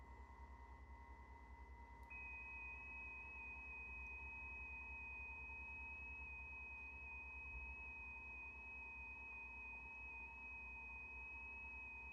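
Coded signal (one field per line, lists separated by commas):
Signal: FT8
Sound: a single steady high tone starts after two seconds and holds over a low hum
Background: electronic hum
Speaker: And what it's doing is waiting for the transmit slot.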